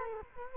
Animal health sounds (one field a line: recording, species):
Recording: mosquito wingbeat signal from an infrared sensor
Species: Culex quinquefasciatus